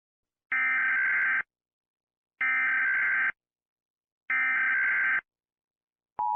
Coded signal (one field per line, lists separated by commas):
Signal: Emergency Alert System (SAME) tones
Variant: header bursts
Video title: EAS scenario - the creature